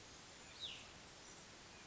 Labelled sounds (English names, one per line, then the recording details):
Cassin's Vireo
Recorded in Sonoma County, California